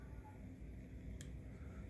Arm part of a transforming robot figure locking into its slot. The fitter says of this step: move that up until it locks